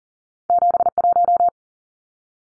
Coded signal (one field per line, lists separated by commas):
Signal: Morse code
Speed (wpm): 40 wpm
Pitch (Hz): 700 Hz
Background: none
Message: 71